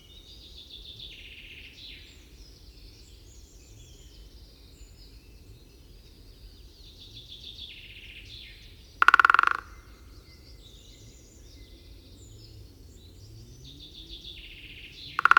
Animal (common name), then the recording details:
Great Spotted Woodpecker. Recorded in the wild. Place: Putbus, Insel Rügen, Mecklenburg-Vorpommern, DE. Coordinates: 54.38, 13.458. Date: 1974-05-02. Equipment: Nagra III BH, Sennheiser MD 21, parabola. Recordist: Schubert, Michael. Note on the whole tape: Trommeln Buntspecht (Erlenstamm)